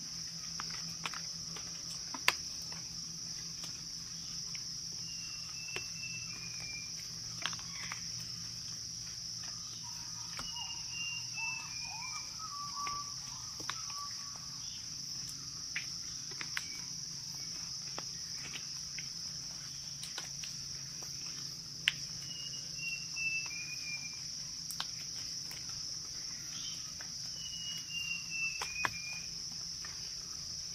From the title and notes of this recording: Jungle Sounds - Soothing Sounds of the Jungle with Paradise Birds to help you sleep and relax.